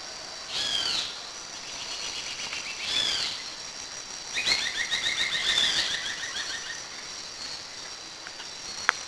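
Bird calls: bright, quick chirping phrases with swooping notes, a rapid run of repeated chips midway, then quieter with a sharp click near the end.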